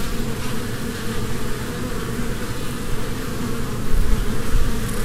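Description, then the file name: Honey bees buzzing as a swarm, a dense steady low hum with a rough, fluttering texture that swells slightly near the end. Swarm humming at a beehive. "salamisound- -humming-of-a-beehive-swarm"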